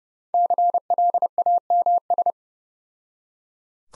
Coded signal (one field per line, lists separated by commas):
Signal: Morse code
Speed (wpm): 30 wpm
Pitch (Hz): 700 Hz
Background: none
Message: CLAMS